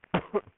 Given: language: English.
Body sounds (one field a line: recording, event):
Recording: throat vibration sensor signal played as sound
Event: cough